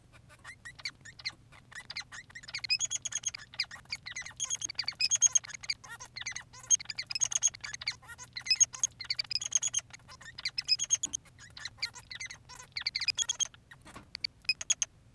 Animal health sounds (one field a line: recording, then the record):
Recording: song of a male Bengalese finch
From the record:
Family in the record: son of father 3